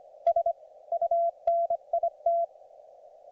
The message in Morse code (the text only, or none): S UNIT